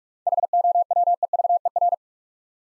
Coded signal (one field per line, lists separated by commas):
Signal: Morse code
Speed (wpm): 44 wpm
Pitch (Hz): 700 Hz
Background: none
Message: HOWEVER